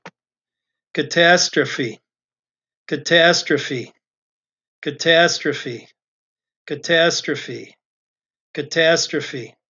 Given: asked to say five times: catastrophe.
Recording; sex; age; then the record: repeated word; male; 40 to 49 years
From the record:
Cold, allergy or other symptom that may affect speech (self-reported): no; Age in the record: 48 years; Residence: Minnesota, United States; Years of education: 18